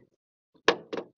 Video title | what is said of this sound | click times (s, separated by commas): Trumpa apžvalga apie valtį Tangiri Ortis 400, priekabą, tentą #tangiri | užsikabino už borto | 0.7 s